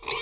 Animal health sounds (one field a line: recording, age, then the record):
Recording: pig call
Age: weaner (32 to 43 days)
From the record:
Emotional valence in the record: negative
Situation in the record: short isolation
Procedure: open field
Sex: female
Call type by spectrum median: high-frequency call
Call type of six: high-frequency stable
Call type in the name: high-frequency stable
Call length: 0.22 s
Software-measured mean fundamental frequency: 387 Hz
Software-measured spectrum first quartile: 1538 Hz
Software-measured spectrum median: 3393 Hz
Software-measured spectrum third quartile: 5340 Hz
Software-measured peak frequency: 435 Hz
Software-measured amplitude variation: 125 dB a second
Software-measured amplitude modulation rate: 20.8 a second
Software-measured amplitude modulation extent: 6.0 dB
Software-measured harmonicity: 1.3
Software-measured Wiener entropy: -1.59